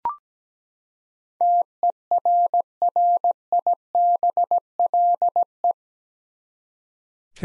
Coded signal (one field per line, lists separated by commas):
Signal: Morse code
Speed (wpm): 17 wpm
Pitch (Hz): 700 Hz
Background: none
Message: TERRIBLE